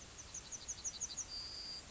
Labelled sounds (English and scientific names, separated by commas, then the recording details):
Yellowhammer (Emberiza citrinella) song
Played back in grassland
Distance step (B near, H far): F
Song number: 122